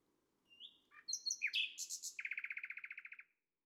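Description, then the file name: Nightingale song: a thin whistled note, then buzzy and chirpy fragments, ending in a fast, even run of many repeated metallic notes. On a May night. "Un rossignol enregistre une nuit de mai"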